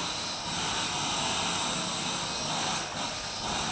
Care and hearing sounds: daily activity, microphone in the room; vacuum cleaning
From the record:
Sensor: 2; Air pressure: 999.1 hPa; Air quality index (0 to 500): 202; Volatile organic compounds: 31 ppm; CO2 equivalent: 2983 ppm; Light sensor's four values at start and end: 6/14/6/6 and 6/14/6/6

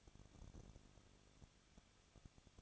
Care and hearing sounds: daily activity, microphone in the room; no activity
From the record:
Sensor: 4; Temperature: 23.1 degrees Celsius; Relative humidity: 34.3%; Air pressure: 1007.2 hPa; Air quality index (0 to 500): 212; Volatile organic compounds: 14 ppm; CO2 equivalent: 2452 ppm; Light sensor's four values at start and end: 2/3/1/1 and 2/3/1/1

